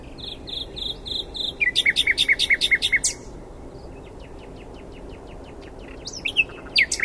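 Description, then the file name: Common nightingale song: a rapid run of high repeated notes, then a loud series of evenly spaced chopped notes, a pause, and a softer ticking series ending in sharp upslurred notes. "Luscinia megarhynchos"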